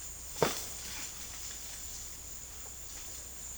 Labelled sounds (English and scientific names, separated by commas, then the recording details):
none
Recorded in dense forest near Puerto Asís, Putumayo, Colombia, on 23 June 2025 at 12:00
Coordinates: 0.481, -76.323
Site G072